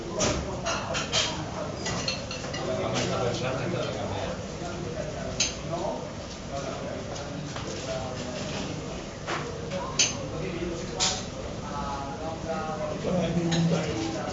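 Chatter fills a bar in Barcelona, many voices overlapping in a steady, dense murmur with no single speaker standing out for long. Sharp clinks and knocks, like glasses and cups, pop out every second or two, with a brighter clatter near ten seconds.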